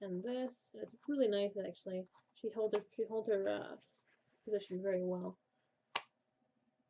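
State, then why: Seated. Someone talks while moving the separate chest piece of a ball-jointed doll against its hip section, where small bumps and a tab hold the position. After the talk, a single sharp click at 5.9 s marks the chest piece snapping into place, and the joint is seated.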